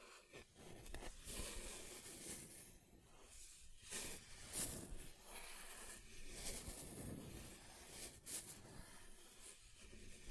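Scratching across a table surface, a dense run of rough scrapes with bright crackly bursts, pausing briefly around three-four and eight seconds.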